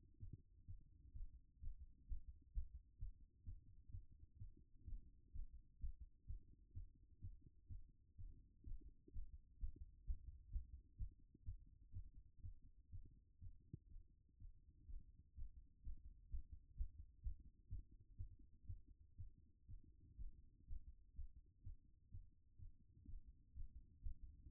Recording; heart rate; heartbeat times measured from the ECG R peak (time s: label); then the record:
heart sounds by stethoscope; 127 bpm
0.19 s: heartbeat
0.66 s: heartbeat
1.13 s: heartbeat
1.60 s: heartbeat
2.07 s: heartbeat
2.53 s: heartbeat
2.98 s: heartbeat
3.44 s: heartbeat
3.90 s: heartbeat
4.37 s: heartbeat
4.85 s: heartbeat
5.32 s: heartbeat
5.79 s: heartbeat
6.26 s: heartbeat
6.73 s: heartbeat
7.20 s: heartbeat
7.68 s: heartbeat
8.16 s: heartbeat
8.64 s: heartbeat
9.12 s: heartbeat
9.59 s: heartbeat
10.05 s: heartbeat
10.51 s: heartbeat
10.97 s: heartbeat
11.44 s: heartbeat
11.92 s: heartbeat
12.41 s: heartbeat
12.90 s: heartbeat
13.39 s: heartbeat
13.89 s: heartbeat
14.38 s: heartbeat
14.86 s: heartbeat
15.35 s: heartbeat
15.82 s: heartbeat
16.29 s: heartbeat
16.76 s: heartbeat
17.22 s: heartbeat
17.68 s: heartbeat
18.16 s: heartbeat
18.65 s: heartbeat
19.16 s: heartbeat
19.66 s: heartbeat
20.16 s: heartbeat
20.66 s: heartbeat
21.14 s: heartbeat
21.62 s: heartbeat
22.10 s: heartbeat
22.58 s: heartbeat
23.06 s: heartbeat
23.54 s: heartbeat
24.01 s: heartbeat
24.47 s: heartbeat
From the record:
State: after exercise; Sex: female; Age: 25 years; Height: 169 cm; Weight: 64 kg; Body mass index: 22.41